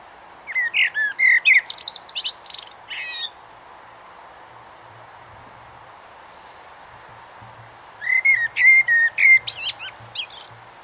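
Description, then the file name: Common blackbird singing: a phrase of low mellow whistles topped by high scratchy notes. Quiet follows, then a second similar fluted phrase with a twittering end. "Turdus merula"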